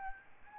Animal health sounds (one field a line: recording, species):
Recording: mosquito wingbeat signal from an infrared sensor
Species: Aedes albopictus